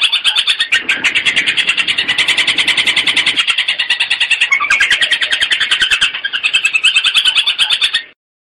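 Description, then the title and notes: Long-tailed shrike song, buzzy chattering of rapid repeated notes, continuing for about eight seconds before stopping. Long-tailed shrike song in the 'tembakan' variation style, from a training recording for songbirds. "Suara Burung Cendet Tembakan Variasi 5. Masteran Burung Cendet"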